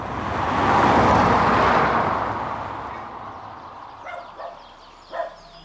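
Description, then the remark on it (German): A broad rushing swell, like a passing car, fades away, then a forester's dog at the edge of a forest gives three short, sharp barks spaced unevenly, the last one loudest. “Am Waldrand ist der Förster gestanden, zusammen mit seinem Hund.”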